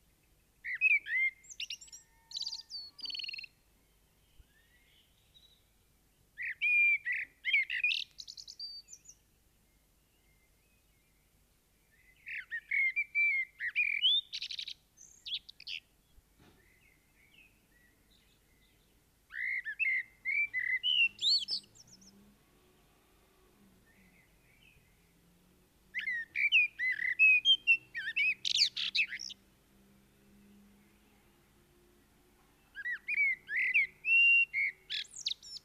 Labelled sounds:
Common Blackbird (Turdus merula) song
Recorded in the wild
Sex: male
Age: adult
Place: Garmisch-Partenkirchen, Bayern, DE
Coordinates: 47.5047, 11.0856
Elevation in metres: 692
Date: 1973-04-25
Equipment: Nagra IV, Sennheiser MKH 405, Parabolreflektor
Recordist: Tretzel, Erwin
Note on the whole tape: Vermutlich Thomas-Knorr-Straße 28, Garmisch-Partenkirchen: Gesang mit Imitation von Blaumeise und Kleiber

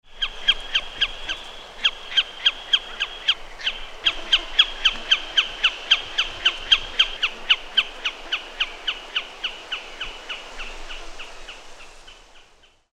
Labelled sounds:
Common Snipe (Gallinago gallinago)
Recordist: Frommolt, Karl-Heinz
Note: Tickern

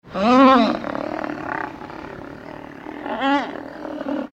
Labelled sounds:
Black Rhinoceros (Diceros bicornis)
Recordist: Tembrock, Günter
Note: Rufe

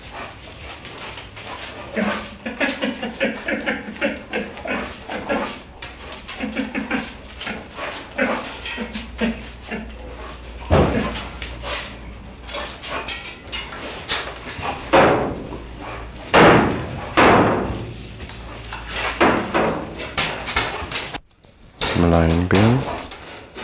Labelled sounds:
Sun Bear (Helarctos malayanus) call
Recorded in captivity
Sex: diverse
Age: diverse
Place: Tierpark Berlin, Berlin, DE
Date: 1965-11-06 11:00
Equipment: Uher 4000 Report-S, Transistorverstärker II, Sennheiser MD 421
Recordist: Tembrock, Günter

